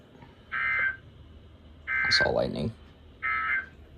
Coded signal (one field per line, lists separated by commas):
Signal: Emergency Alert System (SAME) tones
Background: speech